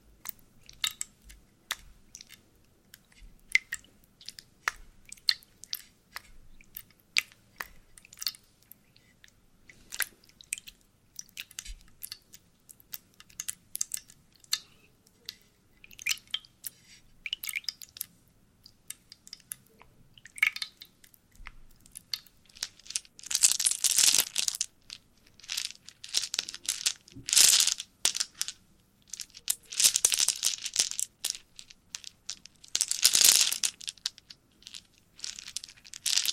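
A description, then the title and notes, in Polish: A "wooden soup" of small wooden pieces clicking and knocking in a dense, irregular stream of sharp taps throughout. From about 23 seconds, louder, hissing rattles surge roughly every three seconds, near 24, 27, 30 and 33 seconds. Drewniana zupa IDEALNE NA SEN ASMR po polsku!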